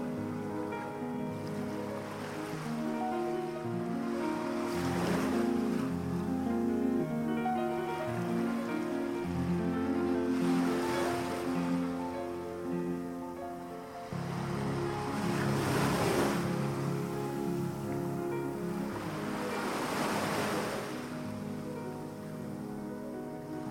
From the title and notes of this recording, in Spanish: OLAS DEL OCÉANO y MÚSICA Relajante. Los sonidos relajantes del océano junto con una música suave y tranquila crean un ambiente ideal.